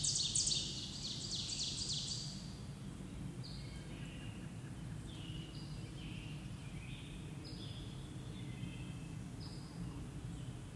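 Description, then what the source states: Birds singing: a loud buzzy trill opens, then scattered high chirps and short whistled notes every second or two, over a constant low rumble. Recorded at sunset on May 19, 2024.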